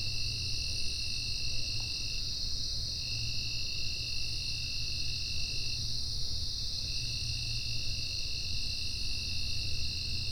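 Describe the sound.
Insects droning in a steady, continuous high chorus with two sustained pitched bands; the lower band drops out twice for about a second, over a constant low rumble.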